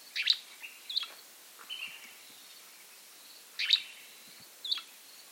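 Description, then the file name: Gray flycatcher giving short two-part phrases, each a sharp note then a softer chip, given twice over a quiet background. "American Grey Flycatcher Empidonax wrightii"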